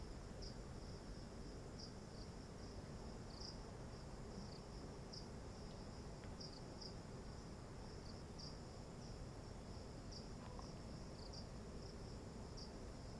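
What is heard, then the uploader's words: Crickets chirp in a steady, high-pitched pulsing band, repeating roughly every second over a constant low rumble of wind-like background noise. Voice of crickets.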